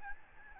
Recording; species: mosquito wingbeat signal from an infrared sensor; Aedes albopictus